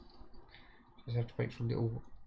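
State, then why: Not seated. A third engine part for a 1:200 Hachette Titanic model is handled against the engine assembly, with quiet handling noise and a faint tap near 0.5 s. Someone talks from about 1.1 s to the end. The part has not seated or clicked into place yet.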